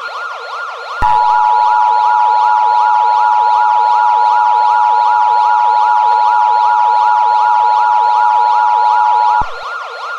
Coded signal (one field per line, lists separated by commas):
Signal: Emergency Alert System (SAME) tones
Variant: 853 and 960 Hz attention tone